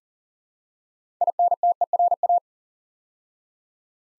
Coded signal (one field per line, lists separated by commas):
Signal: Morse code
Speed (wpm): 38 wpm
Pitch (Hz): 700 Hz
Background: none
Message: INTERA